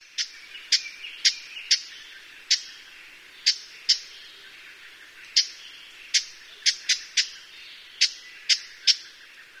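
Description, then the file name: Japanese bush warbler giving sharp, dry ticking call notes, single clicks spaced irregularly, over a soft steady background hiss. "uguisu"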